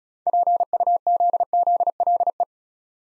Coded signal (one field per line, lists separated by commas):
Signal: Morse code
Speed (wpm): 33 wpm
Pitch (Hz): 700 Hz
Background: none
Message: PUZZLE